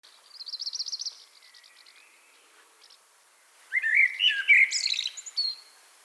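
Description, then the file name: Common blackbird song: a fast high trill opens, then after a pause comes a loud phrase of mellow notes and high squeaky twitters. "Turdus merula"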